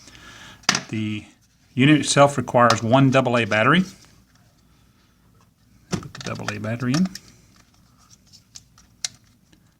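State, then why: Seated. The plastic battery door of a Raceceiver LapCeiver A.L.T. lap timer is slid on from the very end after one AA battery is put in. Someone talks, then soft handling taps and scrapes are heard. A sharp click at 9.1 s is the latch catching as the door locks in place.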